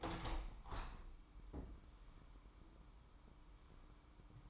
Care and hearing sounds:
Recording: daily activity, microphone in the room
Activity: open window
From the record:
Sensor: 1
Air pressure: 998.0 hPa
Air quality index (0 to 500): 133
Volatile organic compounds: 4 ppm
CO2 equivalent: 1588 ppm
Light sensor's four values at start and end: 17/57/23/23 and 17/56/23/23

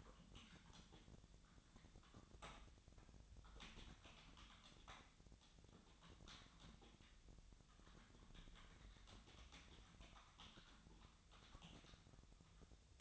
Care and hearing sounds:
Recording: daily activity, microphone in the room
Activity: typing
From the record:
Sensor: 3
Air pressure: 1009.4 hPa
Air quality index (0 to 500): 196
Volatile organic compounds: 16 ppm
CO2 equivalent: 2552 ppm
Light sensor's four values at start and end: 34/84/36/38 and 33/83/35/38

